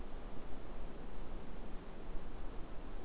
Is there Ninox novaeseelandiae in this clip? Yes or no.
no